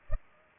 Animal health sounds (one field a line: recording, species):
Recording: mosquito wingbeat signal from an infrared sensor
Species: Culex pipiens